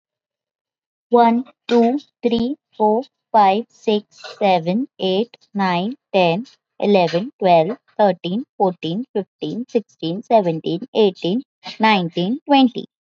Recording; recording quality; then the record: counting at a normal pace; excellent, no background noise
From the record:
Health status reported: healthy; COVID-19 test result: negative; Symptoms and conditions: none ticked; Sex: female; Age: 19 years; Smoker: not ticked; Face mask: not worn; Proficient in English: yes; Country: India